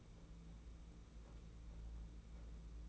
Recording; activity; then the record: daily activity, microphone in the room; take from stove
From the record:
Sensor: 1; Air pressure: 992.0 hPa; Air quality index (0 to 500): 217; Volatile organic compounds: 1000 ppm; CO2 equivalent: 8470 ppm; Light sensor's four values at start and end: 21/74/29/29 and 21/74/29/29